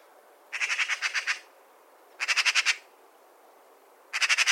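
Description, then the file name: Eurasian magpie chattering: three harsh, rattling bursts of rapid clicks, each under a second long, separated by short silences. "Pica pica"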